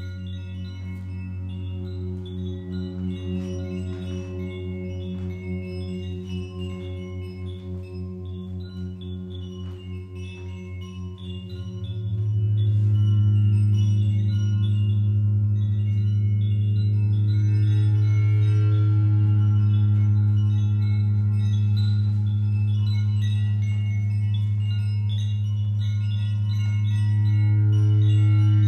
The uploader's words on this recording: Gong Bath. Gongs, bells, chimes and symbols. Steve Gong runs classes for groups in a church hall in Ainsdale Merseyside.